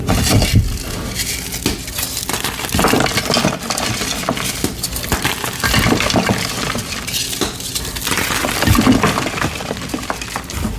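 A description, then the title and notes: Crispy, flaky gym chalk is crushed, giving a dense, continuous run of crunching and crinkling with no pauses. Sharp crackles pop out every second or so over a steady bright grainy texture, with occasional fuller, lower crushes. Crispy Flaky Dyed Gym Chalk Collection Chalk Crushing ASMR. A collection of some of my favorite crispy flaky dyed gym chalk asmr crushing collection.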